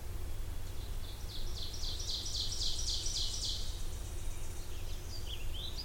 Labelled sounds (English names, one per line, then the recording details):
Ovenbird song
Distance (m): 45 m
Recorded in boreal forest in Alberta, Canada, on 20 June 2016 at 08:00
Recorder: SongMeter 3, array SBT-6-81
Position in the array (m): 30 m, 238 m
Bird 26